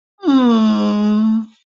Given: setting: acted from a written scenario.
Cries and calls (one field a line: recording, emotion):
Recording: vocal sound without words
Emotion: sympathy